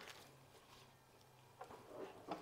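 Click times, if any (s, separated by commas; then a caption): none. On a Thule EasyFold XT hitch mount platform bike rack, the rear lever is flipped so the metal hitch assembly can rotate downward to lock into position. A low steady hum runs under soft handling noise, with a sharper knock around 1.6 seconds and another around 2.3 seconds. Nothing has clicked into place yet; the clip ends before the hitch assembly seats.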